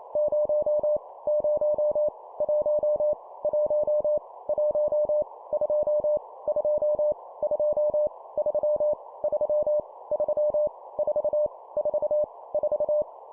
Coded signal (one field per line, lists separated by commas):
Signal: Morse code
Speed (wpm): 28 wpm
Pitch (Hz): 600 Hz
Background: none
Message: 0 0 1 1 1 2 2 2 3 3 3 4 4 4